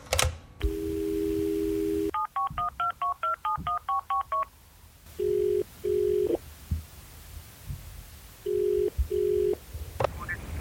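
A steady dial tone gives way to a quick run of about a dozen short keypad beeps, followed by paired ringback tones repeating with pauses between them.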